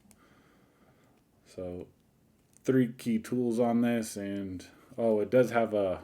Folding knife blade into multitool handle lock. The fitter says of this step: this does lock into place